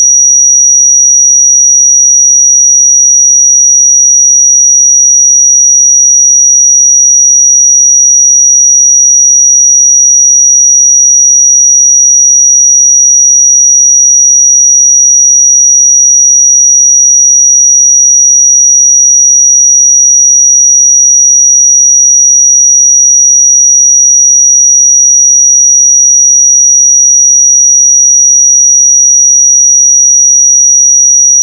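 A pure 5782 Hz sine tone holds perfectly steady and unbroken for the whole clip, a thin high whistle with nothing underneath.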